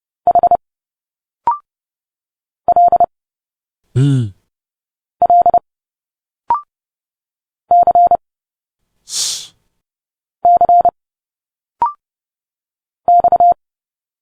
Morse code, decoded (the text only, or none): H L L C C X